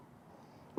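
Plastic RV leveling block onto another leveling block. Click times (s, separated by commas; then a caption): 0.8 s. A plastic RV leveling block is pressed onto another leveling block so their patterned faces interlock. Low steady background sound runs until a short, sharp click at 0.8 s as the blocks seat together.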